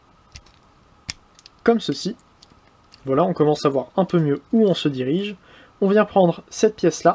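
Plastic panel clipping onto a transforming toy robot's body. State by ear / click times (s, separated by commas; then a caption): seated / 1.1 s. A plastic panel is brought into position on a transforming toy robot's body after its shoulders are raised, and it clips into place with a sharp, loud click at 1.1 s. Fainter ticks of plastic handling surround it, and someone talks over the rest of the clip.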